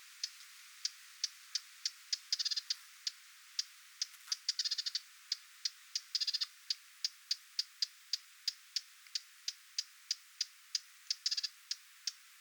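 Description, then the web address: Lesser whitethroat alarm: hard clicking teks at a steady pace, broken by several short rapid rattles. Adult parent bird giving alarm or attention calls near its recently fledged young, 20 July 2026. "paivat 20 7 2026 hernekerttulintuemon huomioaantelya lentopoikastensa lahella"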